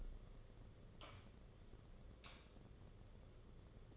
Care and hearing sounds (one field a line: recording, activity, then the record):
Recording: daily activity, microphone in the room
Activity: light on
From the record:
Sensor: 4